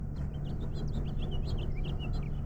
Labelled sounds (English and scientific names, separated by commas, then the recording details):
House Finch (Haemorhous mexicanus) song
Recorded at Oceanside on Long Island, New York, on 17 June 1975
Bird F